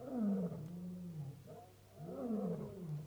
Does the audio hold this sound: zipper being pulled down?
no